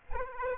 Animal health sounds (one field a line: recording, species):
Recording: mosquito wingbeat signal from an infrared sensor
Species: Aedes aegypti